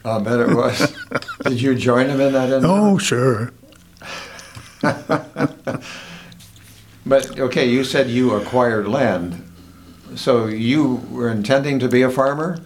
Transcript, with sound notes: I bet it was. Did you join him in that? (Laughing)
Oh, sure. (Laughing)
But OK, you said you acquired land, so you were intending to be a farmer?